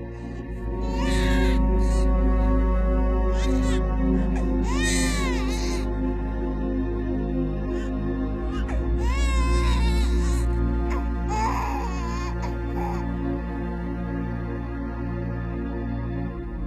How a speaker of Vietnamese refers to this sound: Đến nửa đêm, hàng xóm láng giềng cũng rát cả ruột cả gan khi thấy đứa bé nó khóc ngằn ngặt. Khổ, Trẻ con nó nhớ hơi mẹ, nó đói hơi sữa ấy mà.